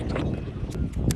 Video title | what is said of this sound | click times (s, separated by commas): How to use chain lube? Never miss to clean your chain every ??km, RE Himalayan BS6 2022. | பண்ணிங்கன்னா lock ஆகிடும். | 1.1 s